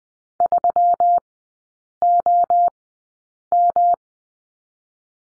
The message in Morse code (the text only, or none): 3OM